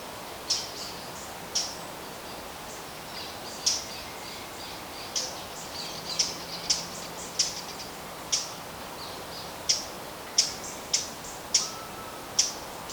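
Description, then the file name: Eurasian blackcap repeating hard clicking tack notes at irregular intervals against constant background noise. "Sylvia atricapilla"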